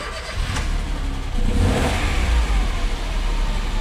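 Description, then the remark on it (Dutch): The engine of a small Peugeot 108 car in a used-car showroom in Harderwijk idles steadily, then revs up with a rising, throaty roar before settling into a sustained mid-pitched hum. No one speaks. “Dit is een kleinere, ja. Peugeot 108.”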